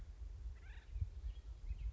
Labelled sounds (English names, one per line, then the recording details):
Acorn Woodpecker
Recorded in Sonoma County, California